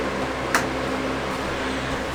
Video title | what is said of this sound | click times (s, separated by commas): Pan America Harley Davidson Givi rack and top case install. | hear that snap it's on | 0.6 s